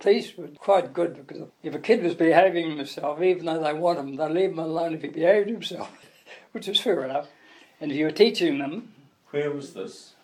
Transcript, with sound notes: the police were quite good because if a kid was behaving himself, even though they want him they’d leave him alone if he behaved himself; [chuckle] which is fair enough. And if you were teaching them… Where was this?